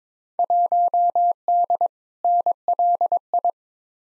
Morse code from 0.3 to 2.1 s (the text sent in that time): 1D